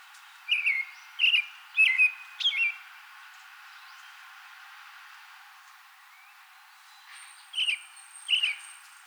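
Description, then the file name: American robin song: a few short whistled phrases near the start, a pause of several seconds, then two more phrases; high-pitched. Recorded 24 April 2020. "2020-04-24 Am Robin"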